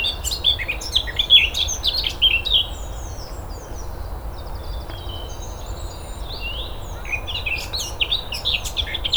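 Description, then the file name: Eurasian blackcap singing lively, high chattering warbles in short bursts at the start and end, with a quieter gap of softer notes between, over constant low hiss. "Sylvia atricapilla"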